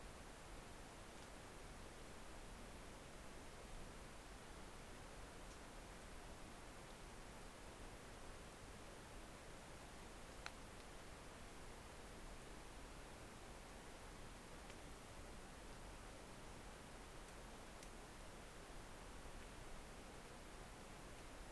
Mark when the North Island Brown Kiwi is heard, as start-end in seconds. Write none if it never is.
none